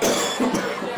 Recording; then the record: coughing mixed with background sound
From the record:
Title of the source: Spring Cold Coughing 3